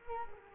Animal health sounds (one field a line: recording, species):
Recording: mosquito wingbeat signal from an infrared sensor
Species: Culex quinquefasciatus